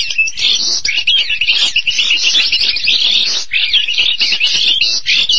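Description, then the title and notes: Starling song, rapid varied chattering with squeaky whistles and harsh buzzy phrases run together without a break. "suara burung jalak"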